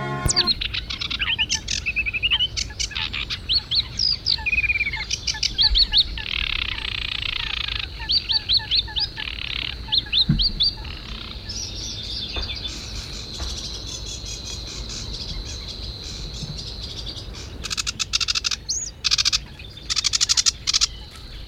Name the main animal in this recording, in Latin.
Acrocephalus schoenobaenus